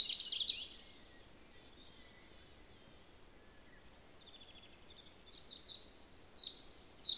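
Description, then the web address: European robin song: a loud high twitter opens, then quiet thin notes, then a run of sharp, high trilled notes toward the end. "SETE data Erithacus rubecula"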